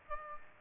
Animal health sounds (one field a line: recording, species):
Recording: mosquito wingbeat signal from an infrared sensor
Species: Aedes aegypti